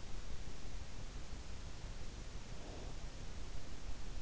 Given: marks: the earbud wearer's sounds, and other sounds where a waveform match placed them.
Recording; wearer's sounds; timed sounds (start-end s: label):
sounds in sleep by an in-ear microphone; breath
2.34-3.58 s: breath